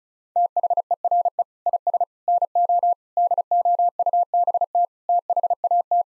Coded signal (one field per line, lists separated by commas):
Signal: Morse code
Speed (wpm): 36 wpm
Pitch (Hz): 700 Hz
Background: none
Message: THERE IS NO DOUBT THAT